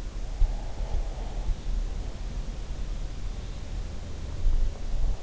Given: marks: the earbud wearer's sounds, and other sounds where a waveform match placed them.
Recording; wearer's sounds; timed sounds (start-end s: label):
sounds in sleep by an in-ear microphone; breath
0.34-1.80 s: breath